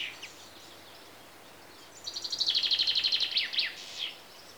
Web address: BBC Sound Effects Library BBC 32-Greece Birds (Chaffinches) And Insects